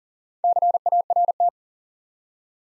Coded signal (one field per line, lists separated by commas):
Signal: Morse code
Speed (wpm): 41 wpm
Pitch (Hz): 700 Hz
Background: none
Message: CART